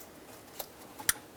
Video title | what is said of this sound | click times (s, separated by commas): How to Replace Knock Sensor 2006-2011 Chevy HHR | Make sure it clicks so it's locked on. | 1.1 s